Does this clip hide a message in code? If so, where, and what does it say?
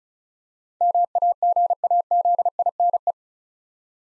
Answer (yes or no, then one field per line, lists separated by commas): yes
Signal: Morse code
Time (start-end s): 0.8-3.1 s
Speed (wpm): 36 wpm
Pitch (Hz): 700 Hz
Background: none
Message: MAGAZINE